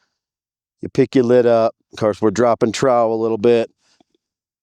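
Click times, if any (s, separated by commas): none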